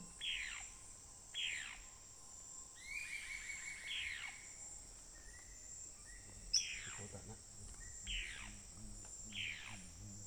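Bird calls: repeated sharp falling notes and a longer, drawn-out call in the middle, over a constant insect drone and a low hum.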